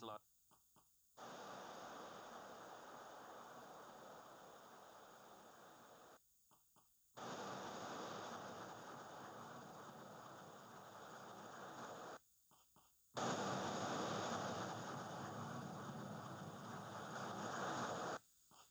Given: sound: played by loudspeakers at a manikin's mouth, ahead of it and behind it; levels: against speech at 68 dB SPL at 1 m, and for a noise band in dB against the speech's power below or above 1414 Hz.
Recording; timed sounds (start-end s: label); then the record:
test signals for a remote microphone
0.00-0.17 s: man speaking
0.54 s: click
0.79 s: click
1.17-6.17 s: speech-spectrum noise, -10 dB
6.54 s: click
6.79 s: click
7.17-12.17 s: speech-spectrum noise, 0 dB
12.54 s: click
12.79 s: click
13.17-18.17 s: speech-spectrum noise, +10 dB
18.54 s: click
From the record:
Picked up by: remote receiver E, fed by microphone B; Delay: 43 ms